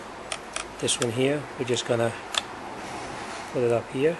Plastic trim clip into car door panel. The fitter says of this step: back where it belongs here and you'll he it snap in